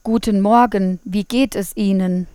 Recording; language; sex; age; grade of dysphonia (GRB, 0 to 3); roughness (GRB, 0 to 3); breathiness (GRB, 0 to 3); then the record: spoken sentence; German; female; 30 to 39 years; 1; 1; 0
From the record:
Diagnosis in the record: dysphonia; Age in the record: 36 years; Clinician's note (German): Ponogen, multifaktoriell